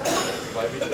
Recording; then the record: coughing mixed with background sound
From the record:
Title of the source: Cough Around the Clock!